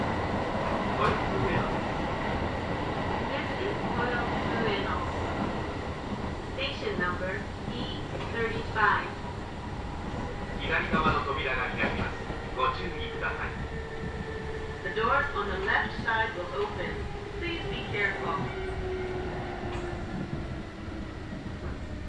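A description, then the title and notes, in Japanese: A Kintetsu Nagoya Line local train between Shiroko and Tsu-Shinmachi rumbles along with a steady low roar throughout. Voices murmur over it in short bursts, clustered around the middle and later seconds, and a faint tone slowly falls in pitch toward the end. 近鉄名古屋線各駅停車 白子→津新町。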